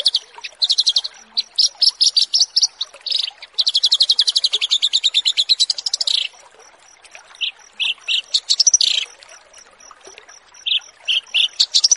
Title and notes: Branjangan VS BURGER Masteran Mewah 1. burung BRANJANGAN